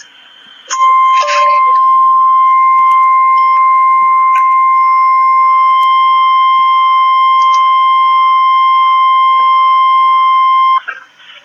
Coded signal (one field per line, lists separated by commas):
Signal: Emergency Alert System (SAME) tones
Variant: 1050 Hz attention tone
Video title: REAL EAS 604-Severe thunderstorm warning